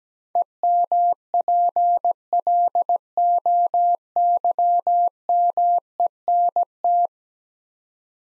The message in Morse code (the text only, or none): EMPLOYMENT